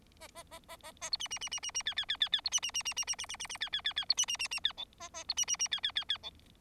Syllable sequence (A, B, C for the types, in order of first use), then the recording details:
A A A A A A B C C C C C C D D D D D B C C C C C C C C C C D D D D B C C C C D E A A B C C C D D D D E. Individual Bird4